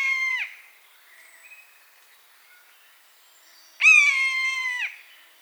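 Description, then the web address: Buzzard: the tail of one mewing cry, a quiet pause, then a single long, even, ringing mew. "animal-sound buzzard-sound"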